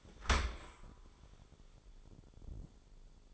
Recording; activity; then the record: daily activity, microphone in the room; open dishwasher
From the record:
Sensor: 5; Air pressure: 1015.1 hPa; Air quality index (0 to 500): 151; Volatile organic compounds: 4 ppm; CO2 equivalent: 1629 ppm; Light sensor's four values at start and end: 38/91/37/40 and 38/91/37/39